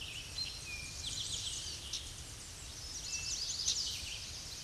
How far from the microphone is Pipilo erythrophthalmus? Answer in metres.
about 35 m